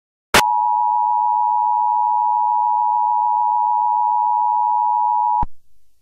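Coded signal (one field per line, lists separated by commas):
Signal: Emergency Alert System (SAME) tones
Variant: 853 and 960 Hz attention tone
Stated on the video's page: Fictional EAS scenario about World War 3, not a real alert.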